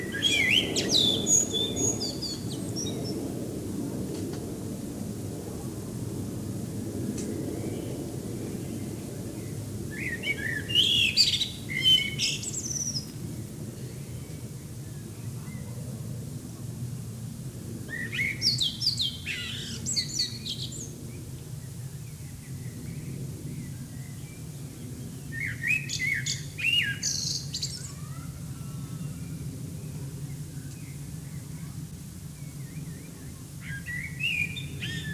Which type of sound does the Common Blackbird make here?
song